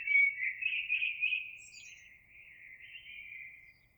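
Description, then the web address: Eurasian blackbird singing a mellow, fluty warbled phrase that fades gradually, with a thin high flourish partway through. Recorded 26 April 2022. "oiseaux Merle 2022 04 26"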